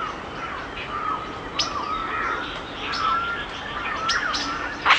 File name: Bedtime Baby Pink Noise Anxiety Relief - Woodland Birdsongs